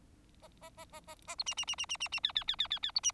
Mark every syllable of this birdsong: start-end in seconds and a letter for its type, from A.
0.42-0.47 A, 0.61-0.69 A, 0.77-0.85 A, 0.92-1.00 A, 1.07-1.15 A, 1.27-1.35 A, 1.38-1.43 B, 1.46-1.54 C, 1.57-1.65 C, 1.67-1.75 C, 1.78-1.86 C, 1.89-1.97 C, 2.00-2.08 C, 2.12-2.20 C, 2.23-2.32 D, 2.35-2.44 D, 2.47-2.56 D, 2.58-2.67 D, 2.70-2.79 D, 2.82-2.91 D, 2.95-3.00 B, 3.03-3.12 C